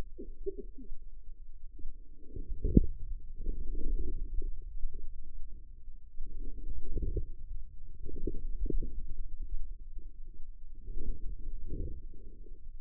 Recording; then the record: forearm muscle sounds (acoustic myography)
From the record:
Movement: wrist flexion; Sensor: system 2, bracelet of six BSWA MPA416 microphones around the upper forearm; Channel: 6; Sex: female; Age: 25 years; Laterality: right